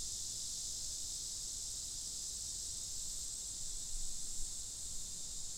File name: Lyric Cicada